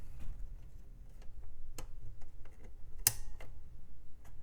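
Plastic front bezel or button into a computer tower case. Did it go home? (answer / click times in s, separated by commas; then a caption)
yes / 3.1 s. After being cleaned, a plastic part of the front panel of a 1990s HP Vectra XA computer tower, likely the front bezel with the power button, is refitted into the tower case. Faint ticks and small taps come first, then a sharp, loud click at 3.1 s as the part seats into place, followed by a softer tick. The front panel part is seated and the button works.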